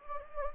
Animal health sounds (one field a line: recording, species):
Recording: mosquito wingbeat signal from an infrared sensor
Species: Anopheles gambiae